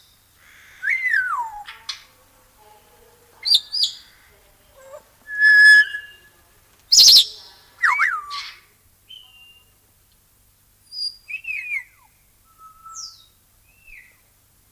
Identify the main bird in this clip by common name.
Grey Parrot